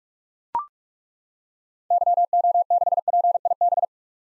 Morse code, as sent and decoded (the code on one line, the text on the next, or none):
-.-- --- -.... .--. .. -...
YO6PIB